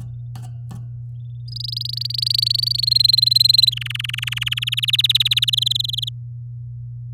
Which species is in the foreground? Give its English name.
Domestic Canary